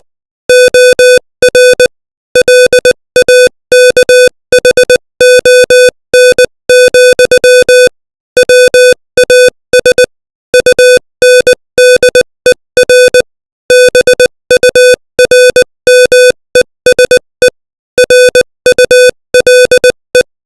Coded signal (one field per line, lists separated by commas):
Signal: Morse code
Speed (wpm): 20 wpm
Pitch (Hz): 500 Hz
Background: music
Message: OR LAKHON, WAS UNDER BURMESE RULE